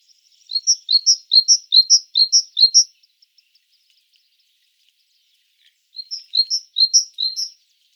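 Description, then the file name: Great tit singing bright two-note phrases, low note then high, six in a row, a three-second pause, then four more phrases; nothing else audible. "Parus major"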